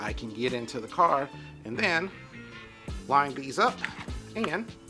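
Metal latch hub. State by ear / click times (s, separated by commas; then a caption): not seated / none. Someone talks over music while lining up the two halves of an NRG Innovations aftermarket steering wheel quick-release hub, one half on the steering column's hub adapter and the other on the steering wheel, to push the wheel back on. The clip ends before the wheel snaps into place, so nothing has seated or clicked yet.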